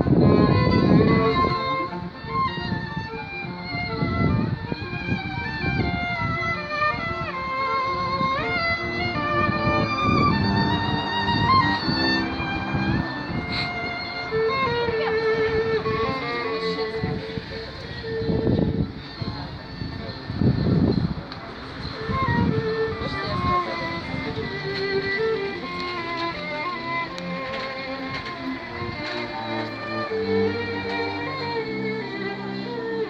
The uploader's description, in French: Musique dans la rue.